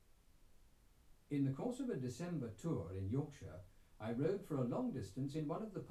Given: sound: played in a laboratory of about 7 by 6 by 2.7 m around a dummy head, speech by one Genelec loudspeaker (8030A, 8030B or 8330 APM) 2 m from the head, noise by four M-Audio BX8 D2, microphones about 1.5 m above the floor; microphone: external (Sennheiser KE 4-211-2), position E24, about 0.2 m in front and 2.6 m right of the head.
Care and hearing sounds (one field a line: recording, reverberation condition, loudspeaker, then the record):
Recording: male speech in English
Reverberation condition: low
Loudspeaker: 30 degrees to the right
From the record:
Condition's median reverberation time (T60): about 310 ms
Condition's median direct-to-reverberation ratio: about 3.5 dB